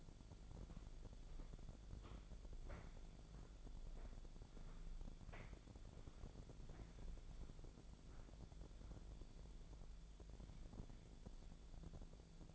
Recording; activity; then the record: daily activity, microphone in the room; walk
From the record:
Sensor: 5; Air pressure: 1008.5 hPa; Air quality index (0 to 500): 157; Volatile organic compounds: 3 ppm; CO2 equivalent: 1512 ppm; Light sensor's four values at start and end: 67/186/73/75 and 67/185/73/74